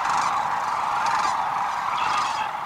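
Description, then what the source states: Sandhill cranes calling as a large flock, a dense, continuous chorus of overlapping calls. Spring migration in the Rainwater Basin wetlands of south central Nebraska, used by 500,000 sandhill cranes.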